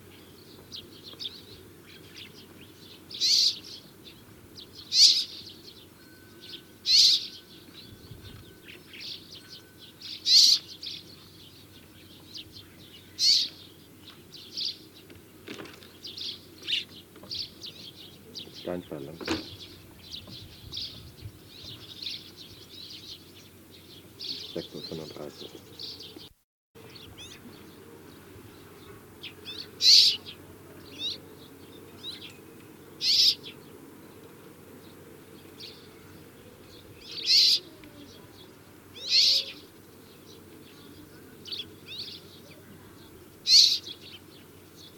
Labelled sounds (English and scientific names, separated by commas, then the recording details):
Rock Sparrow (Petronia petronia) call
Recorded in the wild
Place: Wüste Gobi, MN
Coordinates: 42.94, 105.082
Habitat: Desert
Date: 1979-06-01 07:00
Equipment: Nagra III BH, Sennheiser MD 21, parabola
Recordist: Schubert, Michael
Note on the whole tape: Rufe Steinsperling